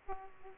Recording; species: mosquito wingbeat signal from an infrared sensor; Aedes aegypti